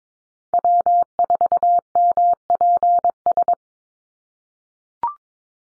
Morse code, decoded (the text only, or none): W4MPS